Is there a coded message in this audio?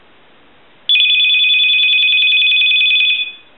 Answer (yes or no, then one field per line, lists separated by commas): no